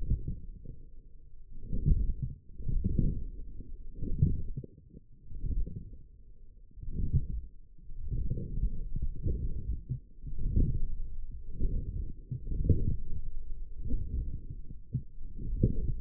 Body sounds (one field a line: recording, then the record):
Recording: forearm muscle sounds (acoustic myography)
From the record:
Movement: forearm pronation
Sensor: system 1, eight BSWA MPA416 microphones around the upper forearm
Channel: 3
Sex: male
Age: 42 years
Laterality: right